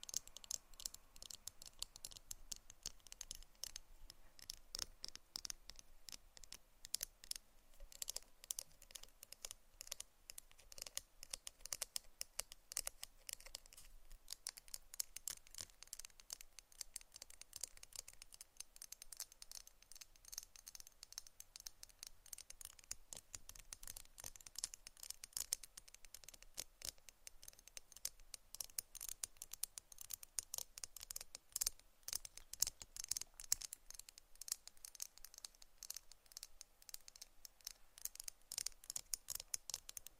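ASMR tapping and scratching: a dense, continuous run of crisp, bright clicks and scrapes that hardly pause across the whole forty seconds. The sound is mostly high and light with little low end, tapping steadily like rapid fingertip or nail contact, occasionally crinkly.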